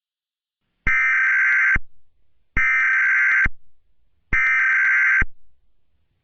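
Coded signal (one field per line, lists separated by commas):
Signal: Emergency Alert System (SAME) tones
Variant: header bursts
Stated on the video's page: Not a real EAS broadcast: a fictional EAS scenario made for entertainment, possibly containing valid SAME tones.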